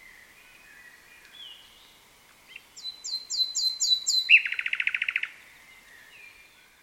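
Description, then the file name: Common nightingale song: soft opening notes, a run of repeated high whistles, then a fast, even rattling trill. "Luscinia megarhynchos"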